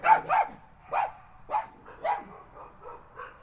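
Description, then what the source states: Dogs barking, a series of short sharp barks, fading to softer yips toward the end. Two dogs.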